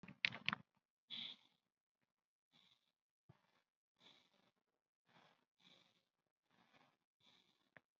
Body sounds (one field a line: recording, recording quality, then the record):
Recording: shallow breathing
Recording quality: excellent, no background noise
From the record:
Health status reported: COVID-19 positive, mild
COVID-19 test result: positive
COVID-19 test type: RT-PCR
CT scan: not taken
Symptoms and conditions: cough, breathing difficulty, fatigue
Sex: male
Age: 30 years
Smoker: no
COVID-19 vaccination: none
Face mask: not worn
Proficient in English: yes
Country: India